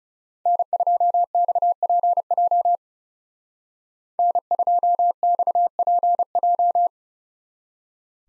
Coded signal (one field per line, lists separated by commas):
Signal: Morse code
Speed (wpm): 37 wpm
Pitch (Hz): 700 Hz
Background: none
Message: N2XPJ N2XPJ